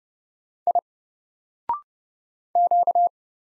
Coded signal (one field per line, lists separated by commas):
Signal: Morse code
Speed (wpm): 30 wpm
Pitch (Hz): 700 Hz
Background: none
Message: I Q